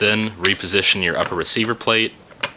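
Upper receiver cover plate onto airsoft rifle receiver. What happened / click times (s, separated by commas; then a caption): The cover plate is being handled and has not yet latched / none. Someone talks while the upper receiver cover plate of a Cybergun Kalash AK47 60th Anniversary airsoft electric gun is repositioned onto the rifle's receiver after its 8.4 volt stick battery has been fitted. A brief sharp tick is heard at about 2.4 s, but the plate has not been pushed down yet and nothing has seated or clicked into place.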